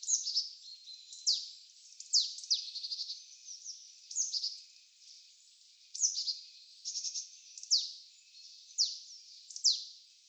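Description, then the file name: Marsh tit calling, with high, steeply falling notes followed by rapid buzzy rattles, in repeated bursts. "Poecile palustris"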